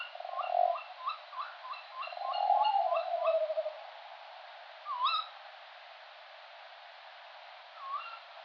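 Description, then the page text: Tawny owl giving a quick run of many short stuttering notes over low, wavering hoots, then two separate rising, twisting calls after a pause. Adult male giving territorial advertising call in response to playback, 18 September 2004, 10 p.m., from a mixed copse of pines, oaks, ashes and cypresses by an artificial lake, 70 m altitude. "Strix aluco - Tawny owl - Allocco. 18/september/2004 (10 p.m.). one bird calls from an artificial mixed copse (pines, oaks, ashes, cypresses) near the banks of the lake. Perotto Lake"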